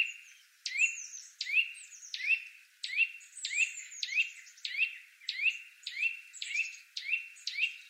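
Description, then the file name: Eurasian nuthatch calling: a steady series of rising, slurred whistles, roughly one or two per second, each note sharply upswept. "Sitta europaea"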